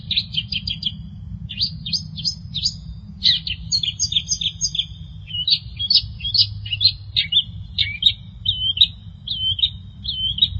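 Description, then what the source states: Long-tailed Shrike song, a rambling warble of quick chirps, twittering trills and short whistled slurs, backed by a constant low hum. Dated March 2017 (201703).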